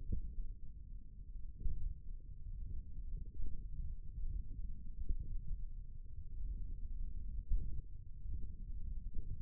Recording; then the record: forearm muscle sounds (acoustic myography)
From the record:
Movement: hook grip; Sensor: system 1, eight BSWA MPA416 microphones around the upper forearm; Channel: 1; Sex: male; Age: 18 years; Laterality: right